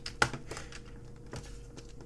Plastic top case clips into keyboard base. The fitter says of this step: make sure it clicks a whole bunch and it should be good